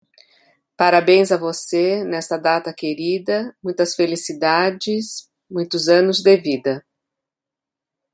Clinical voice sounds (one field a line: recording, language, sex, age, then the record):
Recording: short text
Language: Brazilian Portuguese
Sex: female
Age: 60 to 69 years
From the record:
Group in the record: control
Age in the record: 64 years